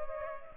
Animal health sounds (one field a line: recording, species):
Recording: mosquito wingbeat signal from an infrared sensor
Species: Culex pipiens